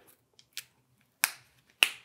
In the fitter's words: and snap the heavy-duty brass snaps in place, and they'll hold that tool securely while it's on your